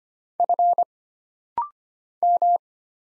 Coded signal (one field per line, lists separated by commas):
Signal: Morse code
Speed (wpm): 25 wpm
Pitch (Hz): 700 Hz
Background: none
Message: F M